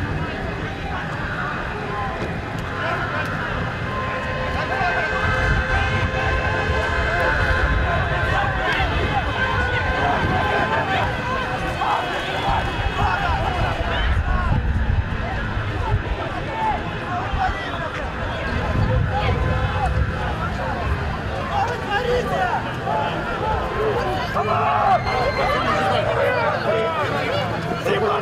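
Authentic documentary sound from ongoing protests in Belarus: a dense, continuous mass of crowd voices and babble runs throughout at a steady, fairly loud level. Low rumbling swells come and go around 6, 14 and 24 seconds, with scattered brighter shouts on top.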